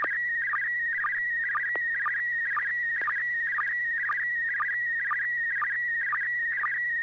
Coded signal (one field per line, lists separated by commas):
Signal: SSTV (slow-scan television)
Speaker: you're listening to the River City arcs slow scan TV net Wednesdays at 9pm uh thanks so much George for that transmission